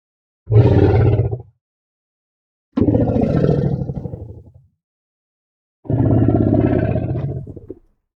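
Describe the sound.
African elephant giving three deep, rumbling gurgles, each about one to two seconds long with a rough pulsing quality, evenly spaced with silence between.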